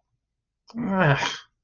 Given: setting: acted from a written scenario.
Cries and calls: vocal sound without words; disappointment

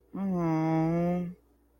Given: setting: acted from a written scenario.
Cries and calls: vocal sound without words; guilt

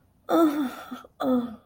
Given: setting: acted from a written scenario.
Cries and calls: vocal sound without words; shame

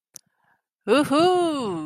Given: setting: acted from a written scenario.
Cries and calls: vocal sound without words; ecstasy

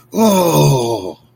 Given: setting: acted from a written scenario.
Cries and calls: vocal sound without words; confusion

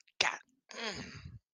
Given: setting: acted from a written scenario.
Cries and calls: vocal sound without words; desire

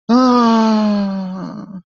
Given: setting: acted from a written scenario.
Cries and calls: vocal sound without words; ecstasy

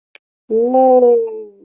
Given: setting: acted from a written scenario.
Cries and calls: vocal sound without words; triumph

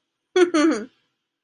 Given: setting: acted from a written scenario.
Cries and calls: vocal sound without words; amusement

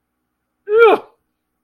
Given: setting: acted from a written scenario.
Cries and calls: vocal sound without words; anger

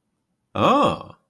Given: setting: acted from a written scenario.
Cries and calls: vocal sound without words; realization

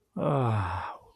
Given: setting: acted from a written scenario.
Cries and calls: vocal sound without words; contentment

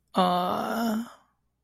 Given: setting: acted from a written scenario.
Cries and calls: vocal sound without words; shame

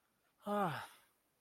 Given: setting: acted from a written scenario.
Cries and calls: vocal sound without words; desire

